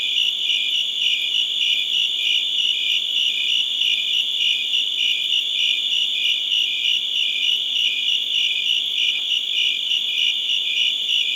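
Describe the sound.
Crickets keep up a continuous high pulsed trilling, the chorus steady throughout.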